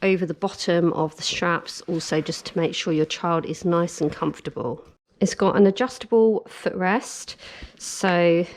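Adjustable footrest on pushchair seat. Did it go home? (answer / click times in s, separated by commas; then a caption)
no / none. Someone talks about the Hauck Swift X Duo pushchair, covering the padding at the bottom of the straps and the adjustable footrest on the pushchair seat. The footrest is being handled but has not clicked or seated into position yet.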